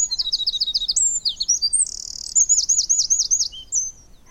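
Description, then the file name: Eurasian wren song: a rapid, high, loud run of trills and a buzzy rattle with sharp repeated notes. "Troglodytes troglodytes"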